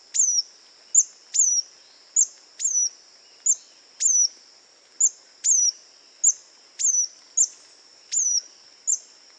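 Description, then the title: Scale-throated hermit song: a series of high, thin squeaky notes that dip downward, some led by a sharp tick, in a quiet background. Subspecies Phaethornis eurynome eurynome. "LuckyPassaro Completos2Sama. Scale-throated Hermit (Phaethornis eurynome eurynome)"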